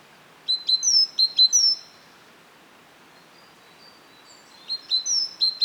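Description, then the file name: Great tit giving a few sharp notes and high falling whistles, then a long quiet pause before another short burst at the end. "Parus major"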